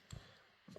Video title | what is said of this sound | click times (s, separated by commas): WIRING WEDNESDAY. Explaining the differences in terminals and relays | And you'll hear this click whenever this locks in, it wiggles, but it makes contact. | 0.1 s